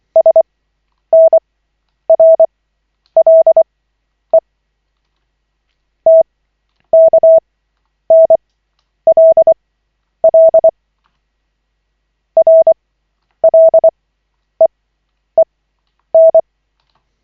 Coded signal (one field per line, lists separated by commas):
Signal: Morse code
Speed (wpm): 24 wpm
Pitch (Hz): 650 Hz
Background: none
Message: SNRLE TKNLL RLEEN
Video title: Koch 11/40, 16.01.2025, CW practice session